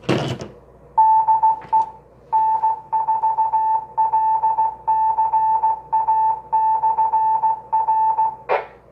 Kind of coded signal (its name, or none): Morse code